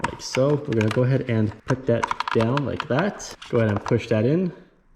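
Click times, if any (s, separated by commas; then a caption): none. A small headlight wiring coupler is being positioned and pushed toward its plastic mating connector in a motorcycle headlight harness while someone talks throughout. Only handling sounds are heard under the talk, with no sharp click. Nothing has seated or clicked yet.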